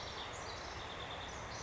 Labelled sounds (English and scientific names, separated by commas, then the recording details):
House Wren (Troglodytes aedon)
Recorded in Sonoma County, California